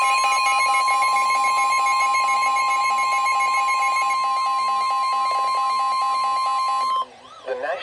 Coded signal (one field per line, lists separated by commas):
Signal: Emergency Alert System (SAME) tones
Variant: 1050 Hz attention tone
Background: speech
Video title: Severe Thunderstorm Warning (EAS 334)